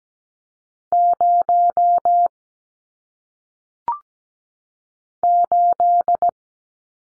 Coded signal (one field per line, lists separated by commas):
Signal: Morse code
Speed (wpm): 17 wpm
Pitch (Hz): 700 Hz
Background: none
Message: 0 8